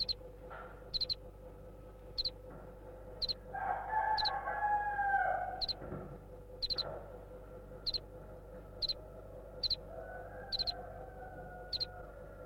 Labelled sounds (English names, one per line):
House Cricket